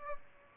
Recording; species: mosquito wingbeat signal from an infrared sensor; Aedes albopictus